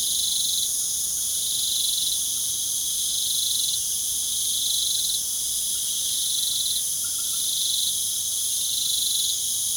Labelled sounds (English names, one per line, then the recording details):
none
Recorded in pastures near Puerto Asís, Putumayo, Colombia, on 25 June 2025 at 20:00
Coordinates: 0.497, -76.327
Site G040